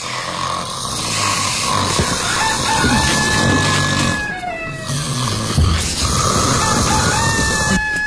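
bird, rooster crowing

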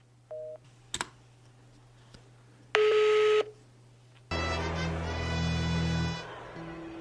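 signal or alarm, telephone busy tone

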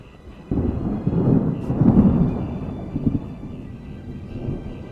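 nature, thunder rumbling

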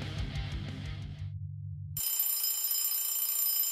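household object, alarm clock ringing

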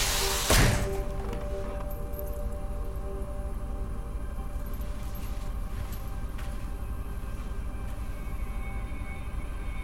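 household object, door being closed

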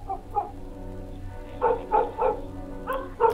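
animal, distant dog barking

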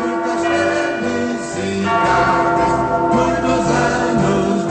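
signal or alarm, church bells ringing

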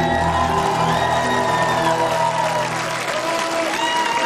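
crowd, audience cheering and applauding

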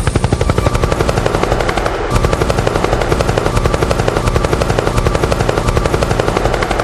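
sound effect, helicopter rotor sound effect

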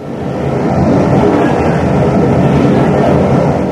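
vehicle, train running on rails

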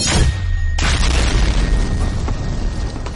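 sound effect, loud explosion boom

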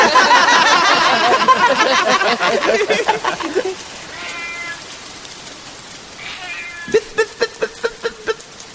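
animal, cat meowing

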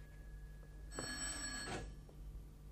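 signal or alarm, telephone bell ringing

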